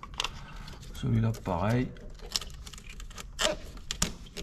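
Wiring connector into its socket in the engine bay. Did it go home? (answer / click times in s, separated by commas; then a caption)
yes / 4.0 s. During a service on a Peugeot Partner, a second plastic electrical wiring connector is pushed into its socket in the engine bay the same way as the first, until it locks. After someone talks briefly, faint handling noises lead to a sharp click at 4.0 s as the connector seats and locks.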